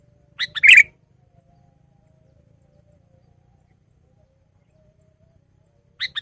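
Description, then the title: Sooty-headed bulbul giving a quick cluster of bright chirped notes, then a long silence before another phrase begins at the end. "kutilang"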